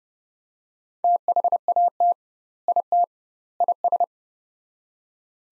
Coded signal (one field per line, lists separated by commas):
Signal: Morse code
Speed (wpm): 32 wpm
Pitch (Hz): 700 Hz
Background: none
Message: THAT IT IS